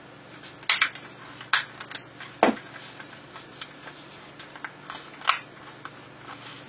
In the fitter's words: sure it's all clicked back together start replacing your screws